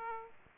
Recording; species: mosquito wingbeat signal from an infrared sensor; Aedes aegypti